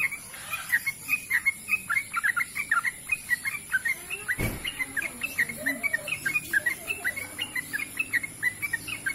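Bird song of dense, rapid high chirps that keep going throughout, broken once by a sharp click near the middle, with steady hiss behind.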